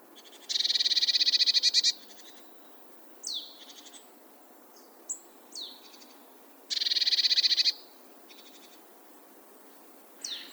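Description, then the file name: Eurasian blue tit giving buzzy, churring trills that repeat in two long bursts, with thin, high, descending notes scattered between them. "Cyanistes caeruleus"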